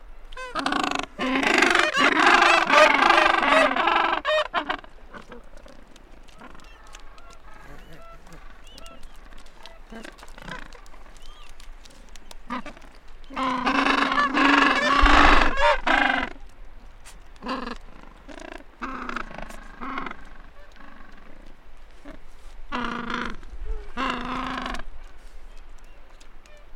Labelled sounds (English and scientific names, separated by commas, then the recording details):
Gentoo Penguin (Pygoscelis papua) call
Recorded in the wild
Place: Mikkelsen Harbour (Borget Point), Antarctica, AQ
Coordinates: -63.53, -60.44
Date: 2018-12-30
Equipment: Olympus LS-100, Sennheiser ME66
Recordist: Beaulieu, Michaël